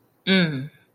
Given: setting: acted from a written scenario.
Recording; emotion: vocal sound without words; contempt